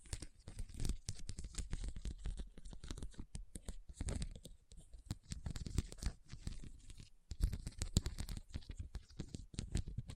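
Rhinestone tapping and scratching, a dense run of quick clicks and rustly scrapes with crisp high edges, continuing unevenly with brief pauses near seven seconds.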